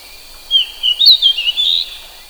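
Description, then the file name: Pied bushchat singing one continuous, sweet warbled phrase of slurred whistles for about one and a half seconds, with a constant high-pitched buzzing hum behind it. "suara kicauan burung decu. omkicau"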